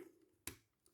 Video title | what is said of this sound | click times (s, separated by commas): Rescue Pioneer JH-01 review FR | voilà, là il s'est clipsé, | 0.5 s